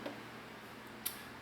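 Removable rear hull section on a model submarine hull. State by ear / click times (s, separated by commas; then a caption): seated / 1.1 s. The removable rear hull section of a 1:12 scale British X Craft RC submarine model is put back on and clicks into place, held magnetically. A single sharp click is heard at 1.1 seconds against a quiet background, and the section is seated.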